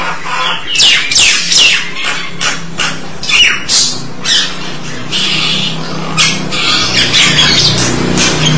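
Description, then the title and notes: Starling calling a few harsh downslurred notes in quick succession, followed by rougher chatter. "suara burung jalak"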